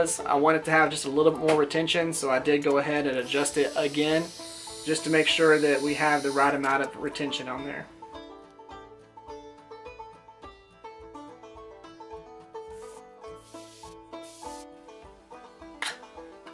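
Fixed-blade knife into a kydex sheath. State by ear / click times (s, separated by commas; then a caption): not seated / none. Someone talks over background music while handling a fixed-blade EDC knife and its thermoformed kydex sheath, which was reheated and adjusted for more retention. After the talking stops around 8 s, the music continues with faint taps and a sharp tick near 15.8 s. The knife has not snapped into the sheath yet; nothing has seated.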